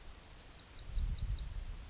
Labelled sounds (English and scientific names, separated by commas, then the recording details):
Yellowhammer (Emberiza citrinella) song
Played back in grassland
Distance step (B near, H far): D
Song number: 107